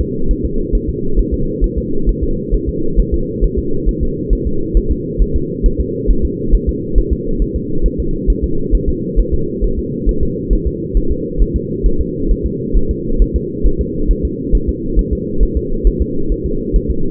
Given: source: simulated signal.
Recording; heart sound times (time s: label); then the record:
fetal heart sounds
0.01 s: S2
0.31 s: S1
0.45 s: S2
0.75 s: S1
0.89 s: S2
1.19 s: S1
1.34 s: S2
1.64 s: S1
1.78 s: S2
2.09 s: S1
2.23 s: S2
2.55 s: S1
2.69 s: S2
3.00 s: S1
3.14 s: S2
3.44 s: S1
3.59 s: S2
3.89 s: S1
4.03 s: S2
4.33 s: S1
4.47 s: S2
4.77 s: S1
4.91 s: S2
5.22 s: S1
5.36 s: S2
5.66 s: S1
5.80 s: S2
6.11 s: S1
6.25 s: S2
6.55 s: S1
6.69 s: S2
6.98 s: S1
7.13 s: S2
7.42 s: S1
7.56 s: S2
7.86 s: S1
8.00 s: S2
8.30 s: S1
8.44 s: S2
8.75 s: S1
8.89 s: S2
9.20 s: S1
9.34 s: S2
9.64 s: S1
9.79 s: S2
10.09 s: S1
10.23 s: S2
10.53 s: S1
10.67 s: S2
10.97 s: S1
11.12 s: S2
11.42 s: S1
11.56 s: S2
11.86 s: S1
12.01 s: S2
12.31 s: S1
12.46 s: S2
12.77 s: S1
12.91 s: S2
13.22 s: S1
13.36 s: S2
13.67 s: S1
13.81 s: S2
14.11 s: S1
14.25 s: S2
14.55 s: S1
14.69 s: S2
14.99 s: S1
15.13 s: S2
15.43 s: S1
15.57 s: S2
15.87 s: S1
16.02 s: S2
16.32 s: S1
16.46 s: S2
16.76 s: S1
16.91 s: S2
From the record:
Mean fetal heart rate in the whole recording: 135 bpm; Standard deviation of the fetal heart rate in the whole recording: 3 bpm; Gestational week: 36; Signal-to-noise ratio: -8.1 dB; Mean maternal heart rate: 72 bpm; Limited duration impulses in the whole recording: absent